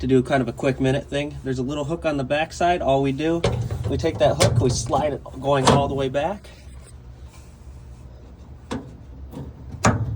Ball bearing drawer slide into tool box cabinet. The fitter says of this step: like that, you kind of heard it click.